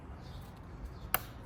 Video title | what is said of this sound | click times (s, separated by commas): Alfa Romeo Spark Plugs Replacement - 2.0T (2016-2022) - Giulia - Stelvio | and then the lock-in tab, you just push it into lock it. Same thing here. | 1.1 s